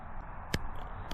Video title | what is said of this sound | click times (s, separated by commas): Anyone Can Build This! | Okay, now it's locked in there. | 0.5 s